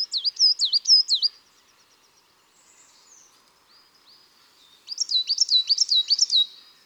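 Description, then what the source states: Coal tit song: a short burst of repeated high two-note phrases, a pause of about three seconds with faint twittering, then another run of the same phrases. Recorded in March.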